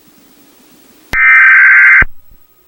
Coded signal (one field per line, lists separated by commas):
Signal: Emergency Alert System (SAME) tones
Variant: header bursts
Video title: Washington D.C USA EAS Scenario (2011) EARTHQUAKE